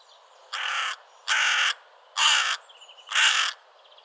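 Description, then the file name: Carrion crow giving four harsh, hoarse caws, each about half a second long, spaced roughly one second apart. "Corvus corone"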